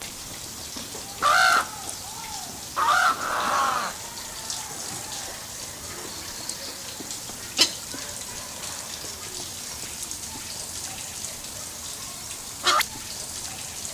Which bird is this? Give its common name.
African Spoonbill